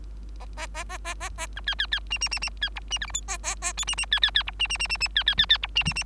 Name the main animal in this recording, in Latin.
Lonchura striata domestica